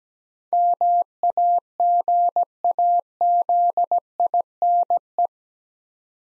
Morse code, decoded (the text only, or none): MAGAZINE